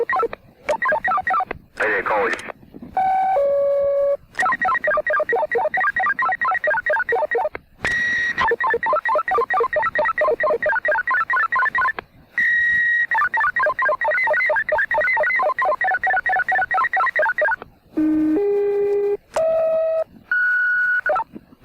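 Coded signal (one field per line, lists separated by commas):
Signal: five-tone selective call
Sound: steady high tones broken by rapid warbling runs of short stepped tones, then brief two-tone pairs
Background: radio static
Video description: Modulated tone sequences from a vintage pager transmitter recorded in 1982 in the United States at St. Petersburg Beach, Florida.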